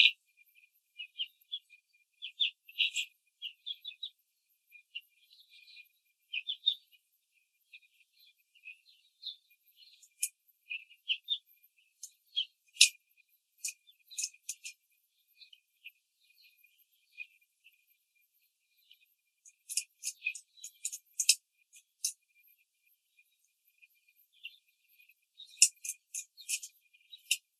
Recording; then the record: young laying hens in a cage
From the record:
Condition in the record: control cage, after the stress test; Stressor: none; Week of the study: 4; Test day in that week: 3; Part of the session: 1